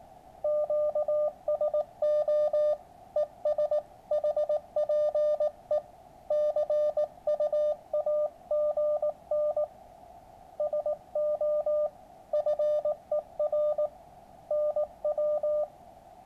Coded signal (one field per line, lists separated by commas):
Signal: Morse code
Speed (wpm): 19 wpm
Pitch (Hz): 600 Hz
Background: radio noise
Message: QSO ES HPE CUAGN SO FER NW